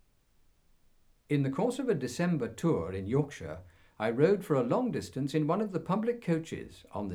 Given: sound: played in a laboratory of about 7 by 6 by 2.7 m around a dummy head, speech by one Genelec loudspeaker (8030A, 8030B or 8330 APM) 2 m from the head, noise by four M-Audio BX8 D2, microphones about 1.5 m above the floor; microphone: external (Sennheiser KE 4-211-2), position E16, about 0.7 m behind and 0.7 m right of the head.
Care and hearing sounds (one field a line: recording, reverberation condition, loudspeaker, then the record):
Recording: male speech in English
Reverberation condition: low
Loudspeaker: 150 degrees to the right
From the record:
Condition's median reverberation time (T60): about 310 ms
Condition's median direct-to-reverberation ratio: about 3.5 dB